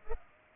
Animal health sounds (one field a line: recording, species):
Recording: mosquito wingbeat signal from an infrared sensor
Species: Culex pipiens